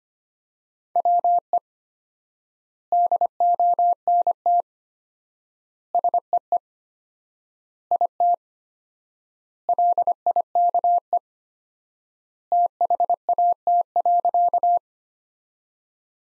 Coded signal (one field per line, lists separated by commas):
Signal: Morse code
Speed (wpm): 25 wpm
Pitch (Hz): 700 Hz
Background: none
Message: WE DONT SEE IT LIKE THAT.